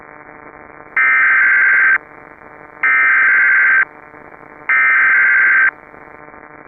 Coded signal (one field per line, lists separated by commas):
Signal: Emergency Alert System (SAME) tones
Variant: header bursts